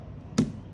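A hand presses down on the second side of the plastic lid of a MAPOUJI vacuum sealer, with a plastic bag clamped inside, and that side clips shut onto the base. A single short, sharp click sounds at 0.4 s over a quiet background, confirming that the lid is latched on both sides.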